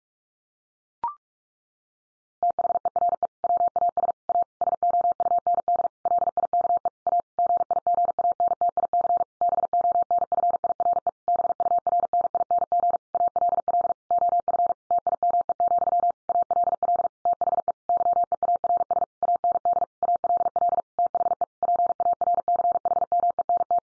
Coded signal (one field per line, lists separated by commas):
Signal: Morse code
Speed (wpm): 44 wpm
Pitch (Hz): 700 Hz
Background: none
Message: THERE WAS A SOUND LIKE A GIGANTIC BONFIRE BURNING ALL OF TIME, ALL THE YEARS AND ALL THE PARCHMENT